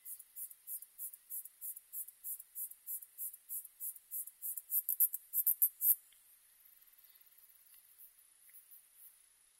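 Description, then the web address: Katydid song: very high, rapid pulsed buzzes repeated about three times a second, growing louder for six seconds before stopping abruptly, then faint high hiss. Recorded 2 September 2006. "2006 060902 hosokubituyumusi"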